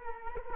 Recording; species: mosquito wingbeat signal from an infrared sensor; Culex quinquefasciatus